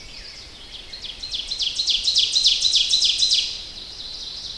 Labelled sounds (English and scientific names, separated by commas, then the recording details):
Ovenbird (Seiurus aurocapilla) song
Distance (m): 15 m
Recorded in boreal forest in Alberta, Canada, on 10 June 2016 at 07:44
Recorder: SongMeter 3, array SBT-3-39
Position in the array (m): 325 m, 145 m
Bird 19